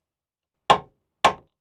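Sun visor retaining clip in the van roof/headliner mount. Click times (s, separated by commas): 1.3 s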